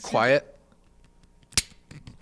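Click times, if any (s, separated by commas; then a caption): 1.6 s. A person says a single word, then after a quiet pause the cap on a bottle of sparkling cucumber soda is opened close to the microphone, giving a sharp pop at 1.6 s. A few softer clicks and rustles follow as the bottle is released and opened.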